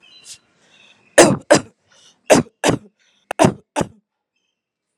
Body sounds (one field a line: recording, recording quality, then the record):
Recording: heavy voluntary cough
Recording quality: excellent, no background noise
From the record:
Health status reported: healthy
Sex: female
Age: 43 years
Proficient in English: yes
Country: India